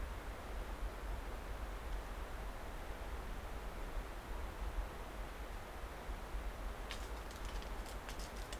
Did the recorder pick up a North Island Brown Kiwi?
no